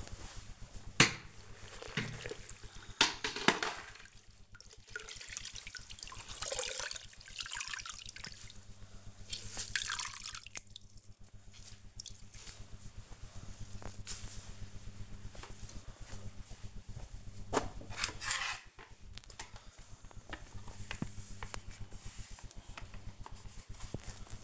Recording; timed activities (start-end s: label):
household activities, microphone on the right wrist
0.00-24.44 s: floor cleaning